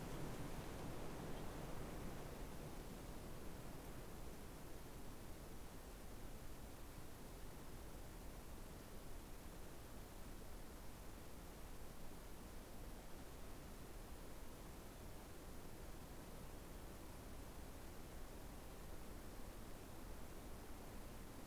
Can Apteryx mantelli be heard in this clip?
no